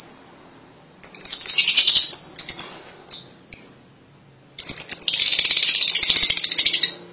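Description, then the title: Lovebird calls: long stretches of harsh, buzzy high chattering separated by a few single shrill chirps and a quiet pause. "BM Suara Burung Lovebird"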